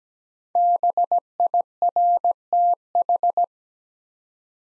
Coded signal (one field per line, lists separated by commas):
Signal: Morse code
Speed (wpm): 17 wpm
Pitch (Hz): 700 Hz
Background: none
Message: BIRTH